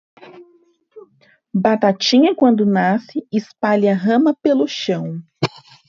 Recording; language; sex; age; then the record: short text; Brazilian Portuguese; female; 30 to 39 years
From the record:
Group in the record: control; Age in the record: 35 years